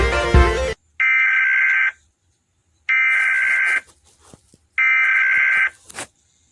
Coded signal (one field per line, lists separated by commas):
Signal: Emergency Alert System (SAME) tones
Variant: header bursts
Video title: Rating EAS Alarm Part 1 ||Gacha club skits||